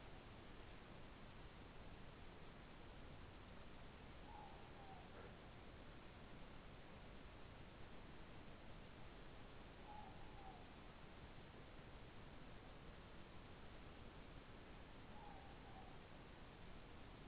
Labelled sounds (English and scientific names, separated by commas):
Morepork (Ninox novaeseelandiae) more-pork call